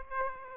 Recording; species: mosquito wingbeat signal from an infrared sensor; Aedes aegypti